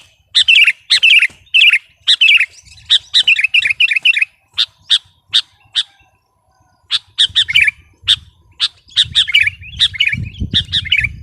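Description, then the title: Sooty-headed bulbul pours out bubbly, rolling phrases and sharp chips, briefly pausing midway before resuming as a low rumbling noise grows toward the end. "kutilang"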